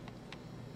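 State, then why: Not seated. The flip-out LCD screen of a Samsung SCD27 miniDV camcorder is handled as it is folded back toward the camcorder body. Two brief, faint ticks at about 0.1 s and 0.3 s sit over a steady low hum. The screen has not locked into place yet; nothing has seated or clicked.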